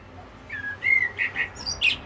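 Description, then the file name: Common blackbird song phrase: fluted whistled notes ending in a high squeaky twitter, over soft low background noise. "Turdus merula"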